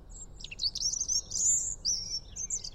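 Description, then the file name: European robin song with sharp high notes, then a long, thin, sweeping whistled phrase and a further warble, very high-pitched throughout. "Erithacus rubecula"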